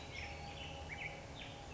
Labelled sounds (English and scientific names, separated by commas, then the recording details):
Black-headed Grosbeak (Pheucticus melanocephalus)
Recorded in Sonoma County, California